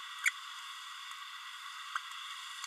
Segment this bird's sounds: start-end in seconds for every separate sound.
0.25-0.30